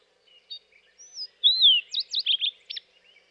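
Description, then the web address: Sooty Fox Sparrow singing a rich phrase: short high notes, then a loud slurred descending whistle, followed by a quick series of sharp notes, on a clean quiet background. "Dan Gibson Wildlife Identification By Sound, Western North America. Sooty Fox Sparrow"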